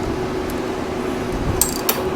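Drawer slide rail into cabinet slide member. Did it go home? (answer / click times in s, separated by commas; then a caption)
yes / 1.6 s, 1.9 s. A drawer with its side rail is slid back into the cabinet slide member until the slide locks into place, with two sharp metallic clicks at 1.6 s and 1.9 s as it engages. Before that, only a low, steady background hum is heard. Someone talks.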